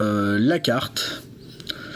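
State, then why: Seated. A scan doubler board is pressed down onto the adapter clipped over the Alice chip on an Amiga 1200 motherboard, and it seats with two short, sharp clicks at 1.6 s and 1.7 s. Someone talks over the start of the clip before the clicks, which come through as small, crisp hits against a quiet background.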